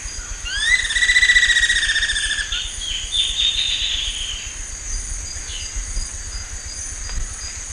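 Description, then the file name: Bird call: a rising, harmonic-rich note held about two seconds, then softer descending slurred notes, over a steady high insect buzz throughout. "SABIOD 50 bird 2015"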